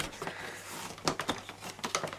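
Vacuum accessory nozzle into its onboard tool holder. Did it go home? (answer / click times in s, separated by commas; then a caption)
no / none. A plastic stair and upholstery nozzle is pushed onto its onboard storage mount on a Hoover Purepower U3470 1700W upright vacuum cleaner. Brief plastic knocks and rattles are heard around 1.1, 1.2, 1.3 and 1.9 seconds over a quiet background. The tool does not click into place, though it sits securely in the holder.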